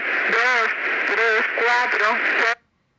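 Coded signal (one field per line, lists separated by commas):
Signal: numbers station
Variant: Spanish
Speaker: Bien, ese es un ejemplo de las transmisiones en idioma español. Y bueno, esta última fue grabada por su servidor, si les llega a interesar, en la frecuencia 11.735.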